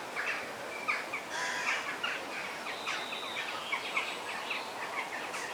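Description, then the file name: Parrot calls, a brief burst of grating squawks and short screeches overlapping one another, with a steady hiss beneath. Parrot calls in forest ambience. "ASMR Sounds of the Forest - The Parrot Song"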